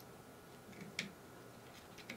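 A saw blade attachment that shot out of a cheap drill accessory is refitted and pushed back into the drill-powered cutting tool's adapter. A sharp click at 0.9 s is followed by two fainter short hits near 2.1 s and 2.2 s. The blade attachment is seated, clicked into the drill adapter, after probably not being clicked in the first time.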